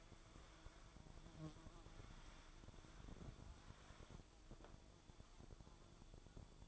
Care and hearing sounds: daily activity, microphone in the room; wipe stove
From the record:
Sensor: 5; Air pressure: 1015.2 hPa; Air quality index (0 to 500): 214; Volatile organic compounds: 11 ppm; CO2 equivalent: 2318 ppm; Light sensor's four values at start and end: 35/82/34/36 and 36/85/35/37

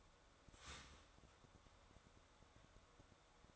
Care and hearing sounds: daily activity, microphone in the room; start toaster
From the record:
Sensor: 3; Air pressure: 1014.7 hPa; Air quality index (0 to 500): 192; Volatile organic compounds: 22 ppm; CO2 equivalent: 2742 ppm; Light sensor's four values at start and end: 4/11/4/4 and 4/11/4/4

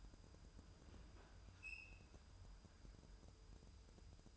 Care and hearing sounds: daily activity, microphone in the room; open fridge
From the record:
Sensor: 2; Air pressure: 988.3 hPa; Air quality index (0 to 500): 192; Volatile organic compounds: 194 ppm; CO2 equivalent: 4194 ppm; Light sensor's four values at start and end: 21/70/27/26 and 21/70/27/26

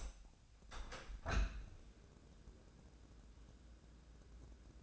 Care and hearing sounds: daily activity, microphone in the room; open window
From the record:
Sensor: 2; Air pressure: 1012.2 hPa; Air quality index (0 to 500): 129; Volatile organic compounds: 1 ppm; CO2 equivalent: 955 ppm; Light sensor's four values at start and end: 174/420/176/184 and 173/417/175/184

